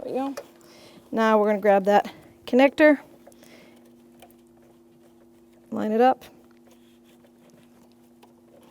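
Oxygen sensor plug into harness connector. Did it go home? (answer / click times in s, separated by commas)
no / none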